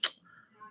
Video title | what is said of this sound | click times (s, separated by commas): DCI Cosmo's Esthetics Nights Review | So, you hear that click, you know exactly what it is. | 0.0 s